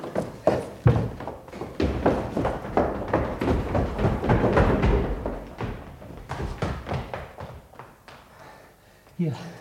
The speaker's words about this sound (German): Richtig, die Tür wird geöffnet. Ja, jetzt kommen Sie.